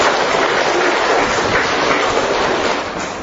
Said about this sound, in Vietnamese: Chúng ta cho Hà Nội, Hà Nam một tràng pháo tay thưa anh chị em.